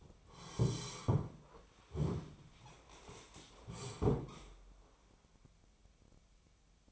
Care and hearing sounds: daily activity, microphone in the room; sit down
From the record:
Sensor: 1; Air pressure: 1015.2 hPa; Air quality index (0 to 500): 191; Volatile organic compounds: 19 ppm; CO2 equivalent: 2668 ppm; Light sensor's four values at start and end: 12/29/12/13 and 12/30/12/14

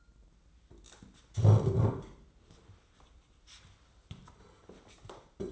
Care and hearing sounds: daily activity, microphone in the room; stand up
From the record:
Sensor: 3

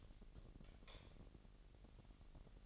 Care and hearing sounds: daily activity, microphone in the room; light off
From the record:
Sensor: 4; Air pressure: 1012.7 hPa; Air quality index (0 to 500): 247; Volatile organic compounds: 4 ppm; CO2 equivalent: 1681 ppm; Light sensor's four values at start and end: 17/45/17/19 and 15/34/14/14

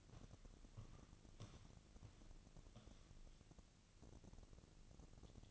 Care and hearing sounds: daily activity, microphone in the room; walk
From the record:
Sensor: 4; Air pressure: 1013.0 hPa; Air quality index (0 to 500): 173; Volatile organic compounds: 2 ppm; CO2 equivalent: 1096 ppm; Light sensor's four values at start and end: 71/174/75/79 and 71/175/75/79

